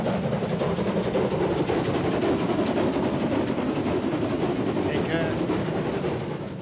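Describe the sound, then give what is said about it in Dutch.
A train rumbles steadily past at a station, a dense, loud, continuous roar of wheels and engine that holds for several seconds before easing slightly at the end. “Hier zullen we een treinkaartje kopen.”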